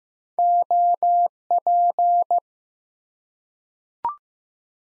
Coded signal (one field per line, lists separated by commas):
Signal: Morse code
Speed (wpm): 15 wpm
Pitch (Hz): 700 Hz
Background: none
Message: OP